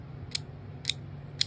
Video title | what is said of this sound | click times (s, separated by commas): MY OWN BEYTUBER BEY???? Opening up some new Cursed Crimson Beys!! | very nice clicks | 0.4 s, 0.9 s, 1.4 s